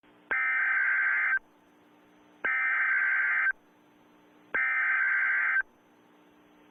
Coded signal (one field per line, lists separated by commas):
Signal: Emergency Alert System (SAME) tones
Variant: header bursts